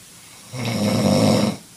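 One loud, low, buzzing snore lasting about a second, with a rough, horn-like vibrating tone, from an adult man asleep.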